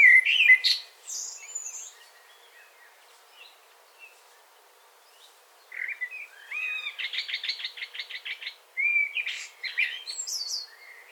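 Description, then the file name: Eurasian blackbird song: fluty warbled notes broken by quiet gaps, then a buzzy rattling trill and more high, squeaky twittering phrases. "Turdus merula"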